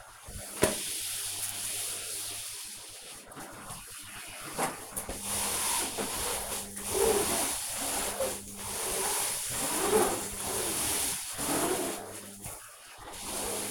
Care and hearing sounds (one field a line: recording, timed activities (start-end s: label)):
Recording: household activities, microphone on the right wrist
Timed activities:
0.00-13.71 s: vacuum cleaning